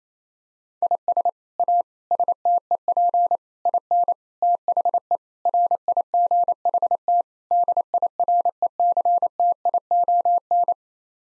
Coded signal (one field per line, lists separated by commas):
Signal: Morse code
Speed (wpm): 28 wpm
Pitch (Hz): 700 Hz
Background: none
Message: IS A STEP IN THE RIGHT DIRECTION